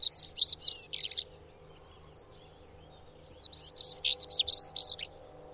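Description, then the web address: Bird giving two quick, high, rattling twitter phrases separated by a two-second pause, notes tumbling rapidly within each burst over a low steady hum. "madarak enek"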